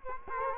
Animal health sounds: mosquito wingbeat signal from an infrared sensor; Culex quinquefasciatus

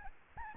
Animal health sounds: mosquito wingbeat signal from an infrared sensor; Aedes albopictus

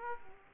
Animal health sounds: mosquito wingbeat signal from an infrared sensor; Aedes aegypti

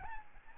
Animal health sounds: mosquito wingbeat signal from an infrared sensor; Aedes albopictus

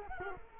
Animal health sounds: mosquito wingbeat signal from an infrared sensor; Culex quinquefasciatus

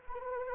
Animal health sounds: mosquito wingbeat signal from an infrared sensor; Anopheles arabiensis

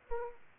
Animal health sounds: mosquito wingbeat signal from an infrared sensor; Aedes aegypti

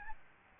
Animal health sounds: mosquito wingbeat signal from an infrared sensor; Aedes albopictus

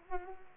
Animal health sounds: mosquito wingbeat signal from an infrared sensor; Culex pipiens

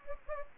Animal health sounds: mosquito wingbeat signal from an infrared sensor; Anopheles gambiae

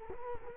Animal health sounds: mosquito wingbeat signal from an infrared sensor; Culex quinquefasciatus

